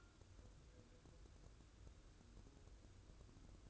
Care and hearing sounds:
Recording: daily activity, microphone in the room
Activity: take from stove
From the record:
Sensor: 2

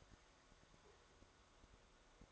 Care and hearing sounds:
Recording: daily activity, microphone in the room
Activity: make coffee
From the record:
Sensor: 3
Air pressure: 1014.7 hPa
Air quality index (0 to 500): 189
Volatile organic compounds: 20 ppm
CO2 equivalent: 2704 ppm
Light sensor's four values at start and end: 5/12/4/4 and 5/12/4/4

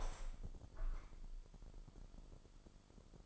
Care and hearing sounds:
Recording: daily activity, microphone in the room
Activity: open window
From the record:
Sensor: 5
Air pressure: 995.8 hPa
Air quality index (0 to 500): 106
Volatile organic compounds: 8 ppm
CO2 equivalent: 2061 ppm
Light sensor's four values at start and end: 40/97/39/41 and 40/97/39/41

